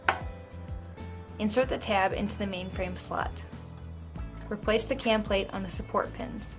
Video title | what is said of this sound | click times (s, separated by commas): Máy In Mã Vạch Zebra - Drive Belt Replacement | position the peel roller and press until you hear it click | 0.1 s